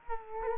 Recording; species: mosquito wingbeat signal from an infrared sensor; Culex quinquefasciatus